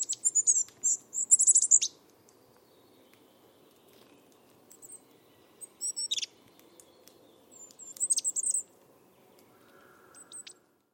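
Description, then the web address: Bird calls: clusters of very high, sharp chirps and descending notes in bursts at the start and around six and eight seconds, with a faint lower tone near the end. "cianscape. Deverinetal 2025. Bird Only"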